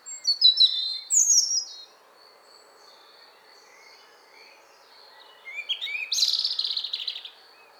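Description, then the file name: European robin song, opening with falling high notes, a long pause, then a harsher buzzy, rattling phrase; faint continuous high tone in the background. "Erithacus rubecula"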